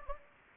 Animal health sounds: mosquito wingbeat signal from an infrared sensor; Anopheles gambiae

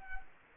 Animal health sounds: mosquito wingbeat signal from an infrared sensor; Culex quinquefasciatus

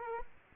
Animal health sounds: mosquito wingbeat signal from an infrared sensor; Aedes aegypti

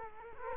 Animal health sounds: mosquito wingbeat signal from an infrared sensor; Culex quinquefasciatus

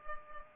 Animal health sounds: mosquito wingbeat signal from an infrared sensor; Culex pipiens

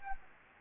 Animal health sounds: mosquito wingbeat signal from an infrared sensor; Anopheles gambiae

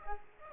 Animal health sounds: mosquito wingbeat signal from an infrared sensor; Aedes aegypti

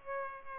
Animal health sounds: mosquito wingbeat signal from an infrared sensor; Culex pipiens

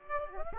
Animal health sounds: mosquito wingbeat signal from an infrared sensor; Aedes aegypti

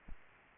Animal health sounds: mosquito wingbeat signal from an infrared sensor; Aedes aegypti

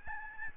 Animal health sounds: mosquito wingbeat signal from an infrared sensor; Aedes albopictus

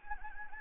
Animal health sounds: mosquito wingbeat signal from an infrared sensor; Anopheles gambiae

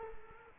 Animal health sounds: mosquito wingbeat signal from an infrared sensor; Culex quinquefasciatus

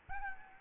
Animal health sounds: mosquito wingbeat signal from an infrared sensor; Aedes albopictus

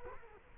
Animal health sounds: mosquito wingbeat signal from an infrared sensor; Culex quinquefasciatus

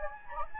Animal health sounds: mosquito wingbeat signal from an infrared sensor; Anopheles gambiae

